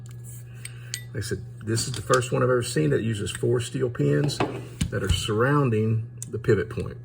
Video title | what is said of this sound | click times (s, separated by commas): Leapers / UTG Goliath Bipod table top review | and only one point of contact for your locking mechanisms where that locks in place | 0.9 s